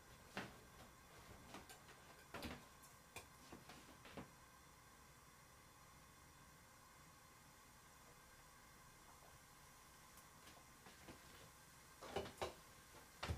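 Washing up dishes, with sharp clinks and clatters of crockery at about half a second, 2.5, 3 and 4 seconds. A long stretch of steady hiss and a faint tone follows, then a burst of clattering returns near 12 seconds.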